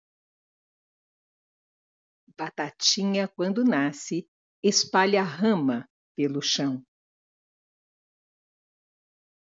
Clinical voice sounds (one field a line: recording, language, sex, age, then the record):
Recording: short text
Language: Brazilian Portuguese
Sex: female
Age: 60 to 69 years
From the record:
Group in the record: control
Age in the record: 68 years